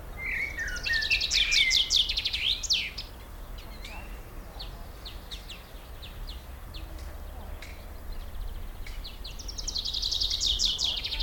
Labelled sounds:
Common Chaffinch

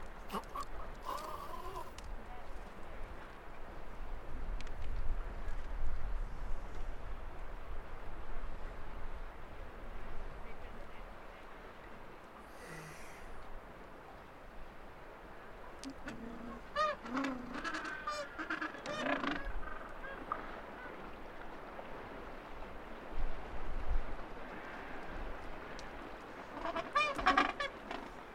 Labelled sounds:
Gentoo Penguin call

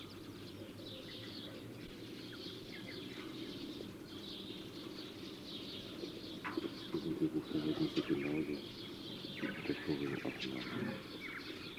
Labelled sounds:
Red-billed Chough call

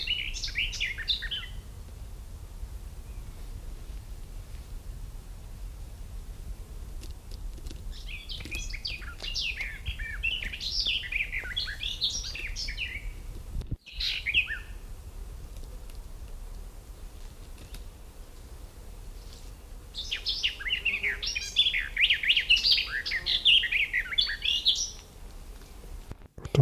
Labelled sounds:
Garden Warbler song

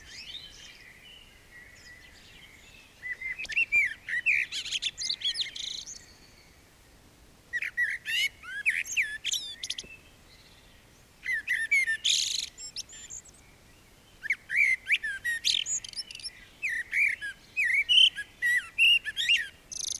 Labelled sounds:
Common Blackbird song

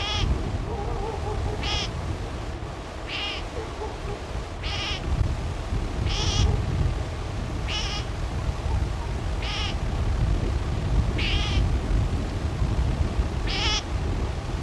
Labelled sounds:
Great Grey Shrike

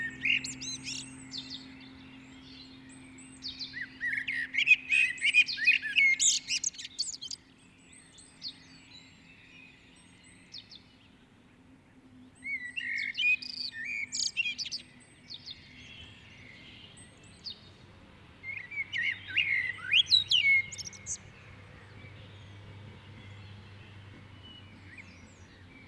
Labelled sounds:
Common Blackbird song

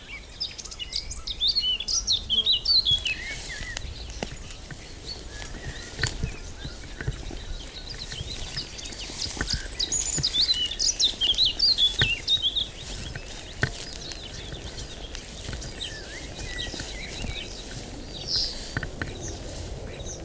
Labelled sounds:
Eurasian Blackcap song

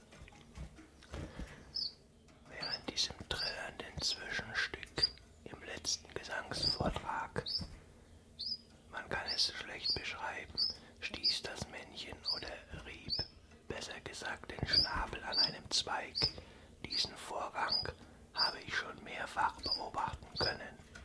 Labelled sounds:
Common Chiffchaff

